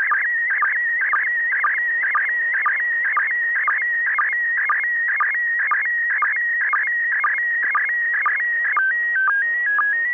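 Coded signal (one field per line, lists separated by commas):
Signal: SSTV (slow-scan television)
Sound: warbling scanning tone with steady ticks twice a second, then a stepped calibration header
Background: radio static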